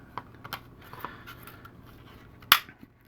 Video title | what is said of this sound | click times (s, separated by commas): Savi's Workshop Lightsaber Chassis Disassembly and Reassembly | push it down until it clicks into place | 2.5 s